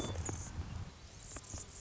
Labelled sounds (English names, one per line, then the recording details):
Anna's Hummingbird
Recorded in Sonoma County, California